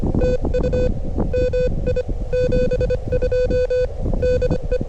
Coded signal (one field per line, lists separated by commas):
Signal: Morse code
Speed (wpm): 25 wpm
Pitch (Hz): 2500 Hz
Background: music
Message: TU MI 72 DE